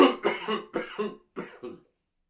Man Coughing.